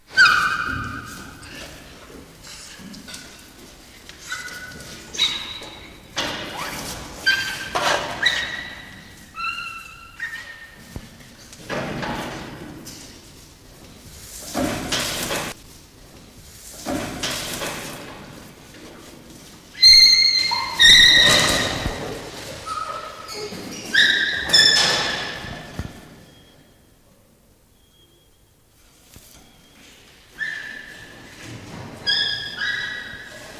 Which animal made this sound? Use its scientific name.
Pan paniscus